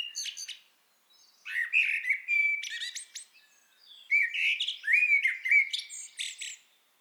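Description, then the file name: Common blackbird song: two mellow warbled phrases, each ending in thin high squeaky twitters, separated by short pauses. "Turdus merula"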